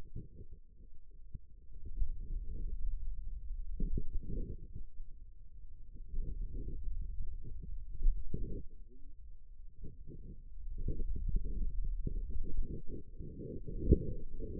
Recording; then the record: forearm muscle sounds (acoustic myography)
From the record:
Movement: pen grasping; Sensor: system 2, bracelet of six BSWA MPA416 microphones around the upper forearm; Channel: 3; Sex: male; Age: 22 years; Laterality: right